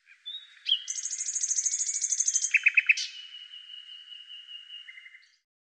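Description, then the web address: Bird song: a fast, high, buzzy trill giving way to a few lower stuttered notes and a long thin whistle. "Deverinetal 2025"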